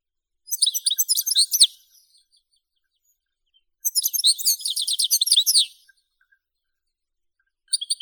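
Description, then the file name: European goldfinch song: two bright, tinkling twittered phrases of one to two seconds, separated by a pause, with another phrase starting at the very end. "Golosa ptic - CSHegol Carduelis carduelis"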